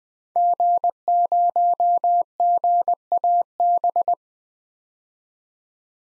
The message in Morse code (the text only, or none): G0GAB